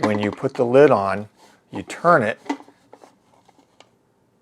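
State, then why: Not seated. Someone talks while the plastic lid of a daylight film developing tank is set on the tank body and turned toward its locked position. Faint handling ticks follow after the speech ends, but the lid has not clicked or locked into place yet.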